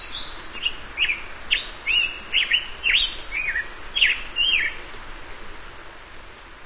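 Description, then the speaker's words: Black-headed Grosbeak song: a rambling run of rich, warbled, rising and falling phrases, roughly two a second, clear over faint background hiss. Melodic rambling song heard while climbing into rolling foothills. "As we climb into rolling foothills, we are serenaded by the melodic rambling song of a black-headed grosbeak."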